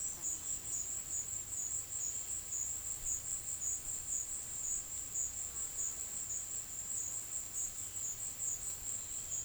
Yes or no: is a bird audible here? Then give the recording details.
no. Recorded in pastures near Puerto Asís, Putumayo, Colombia, on 19 March 2025 at 15:30. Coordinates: 0.505, -76.324. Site GP08